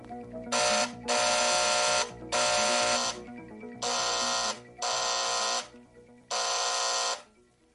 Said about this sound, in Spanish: Dos días después, a las 5 de la tarde, el timbre volvió a sonar insistentemente.